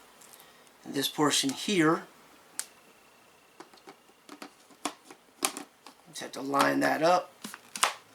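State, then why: Seated. Someone talks while the filter assembly of a Greenote GSC40 3-in-1 rechargeable cordless stick vacuum is lined up with its canister and twisted, with scattered light plastic taps and clicks along the way. A sharp click at 7.8 s marks the filter locking into place in the canister.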